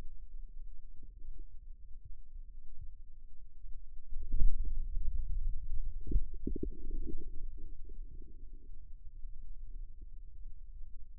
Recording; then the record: forearm muscle sounds (acoustic myography)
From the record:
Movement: radial deviation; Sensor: system 2, bracelet of six BSWA MPA416 microphones around the upper forearm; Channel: 6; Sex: male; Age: 22 years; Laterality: right